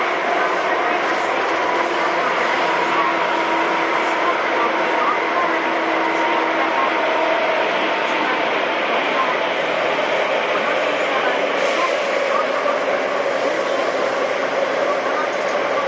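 Motor noise inside a Tobu 9000 series train running between Kotake-mukaihara and Hiyoshi, loud and steady throughout. A dense, rumbling roar fills the whole clip with faint tonal lines drifting up and down as the motors work, and murmured voices seem to sit underneath.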